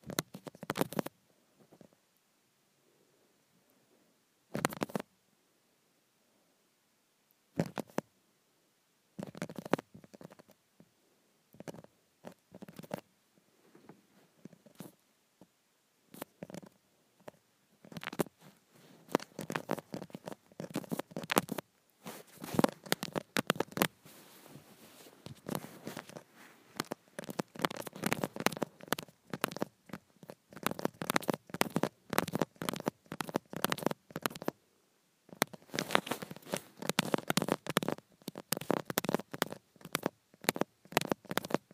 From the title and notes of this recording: ASMR Acrylic Nails on Phone Screen.